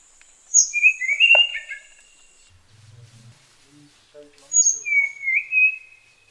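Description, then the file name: Tanahjampea blue flycatcher singing sweet whistled phrases with sliding notes, a pause with faint low sounds, then another whistled phrase with a sliding note. "sikatan tanahjampea"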